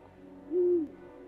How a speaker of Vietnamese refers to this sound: Đêm hôm đó, ở đầu nhà, tiếng cú kêu lên nghe thê lương vô cùng.